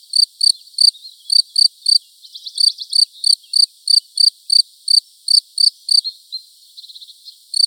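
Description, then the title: Field cricket song of loud, high pulsed chirps repeated several times a second, while a softer rasping trill sounds twice in the background. Buoux, Vaucluse, France, May 2010. "Sylvain Jaskowiak - Animus. Grillon champêtre - Buoux, Vaucluse - mai 2010"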